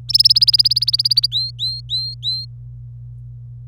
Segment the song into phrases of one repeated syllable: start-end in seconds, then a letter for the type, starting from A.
0.09-1.26 A, 1.31-2.45 B